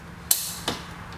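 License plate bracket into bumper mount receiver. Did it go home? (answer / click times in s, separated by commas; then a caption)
yes / 0.3 s. A Sto N Sho SNS89A license plate bracket on a 6th Gen Camaro with the factory splitter is slid back into its bumper mount receiver with the locking pin pulled back. It snaps in with a sharp click at 0.3 s, followed by a softer knock at 0.7 s. The bracket is seated and locked in place.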